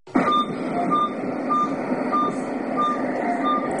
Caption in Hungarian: Ez a lélegeztetőgép hangja az intenzív osztályon. Itt fekszik két fiatal is, egyikük súlyos, életveszélyes állapotban. Elektromos rollerrel szenvedtek balesetet.